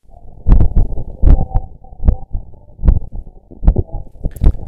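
Normal adult heart sounds at about 76 beats per minute, picked up by the small round stethoscope sensor of a blood pressure cuff placed over the heart.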